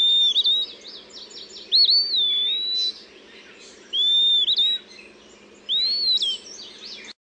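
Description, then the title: Eastern Wood-Pewee giving slow, plaintive slurred whistles, three, with a buzzy series from another bird partly underneath. "LuckyPassaro Completos2Sama. Eastern Wood Pewee (Contopus virens)"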